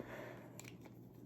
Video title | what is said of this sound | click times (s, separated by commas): Seek Optics - Rose Gold Polarized and Prem Polarized with AR | hear it click into place | 0.6 s, 0.7 s